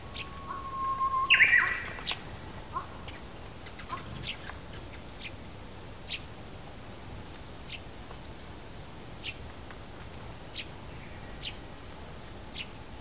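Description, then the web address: Japanese bush warbler gives one phrase near the start, a level whistle then a sharp warbled ending, followed by scattered short, high chirps. Recorded 23 March 2019. "shonin uguisu"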